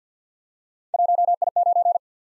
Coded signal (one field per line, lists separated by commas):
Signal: Morse code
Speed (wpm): 47 wpm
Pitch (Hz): 700 Hz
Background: none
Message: 1I9